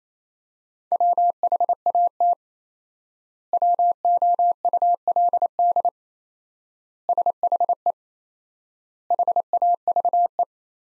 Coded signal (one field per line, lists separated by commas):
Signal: Morse code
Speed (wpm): 28 wpm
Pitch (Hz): 700 Hz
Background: none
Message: WHAT WOULD SHE HAVE